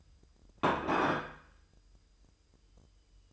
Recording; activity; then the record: daily activity, microphone in the room; place plate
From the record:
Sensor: 2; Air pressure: 988.5 hPa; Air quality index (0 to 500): 193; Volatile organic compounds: 195 ppm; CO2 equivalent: 4198 ppm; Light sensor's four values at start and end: 19/65/25/24 and 19/65/25/24